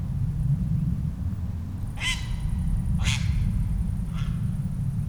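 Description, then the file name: Grey heron uttering three short, hoarse croaks about a second apart, the last quieter, against strong low-pitched rumbling noise. "Ardea cinerea"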